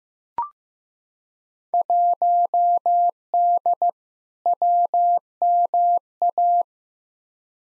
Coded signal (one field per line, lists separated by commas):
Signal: Morse code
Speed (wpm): 15 wpm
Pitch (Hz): 700 Hz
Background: none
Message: 1D WMA